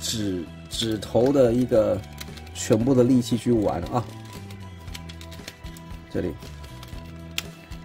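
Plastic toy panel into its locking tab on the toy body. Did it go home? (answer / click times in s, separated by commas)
yes / 7.4 s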